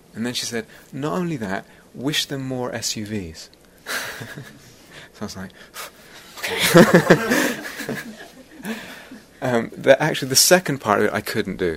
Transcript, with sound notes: And then she said, "Not only that -- wish them more SUVs." [laughs] I was like, "Pff, okay." [laughter] Actually, the second part of it, I couldn't do.